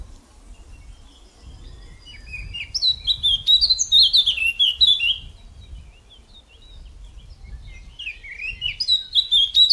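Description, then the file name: Eurasian blackcap song, a rapid liquid warble of high varied notes, then a quieter gap and a second warbled phrase, with low rumble beneath. "Sylvia atricapilla"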